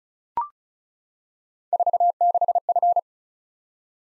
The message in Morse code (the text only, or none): 46F